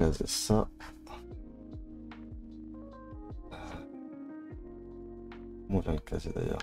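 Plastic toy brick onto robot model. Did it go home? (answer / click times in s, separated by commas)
no / none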